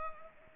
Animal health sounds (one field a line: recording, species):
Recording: mosquito wingbeat signal from an infrared sensor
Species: Culex pipiens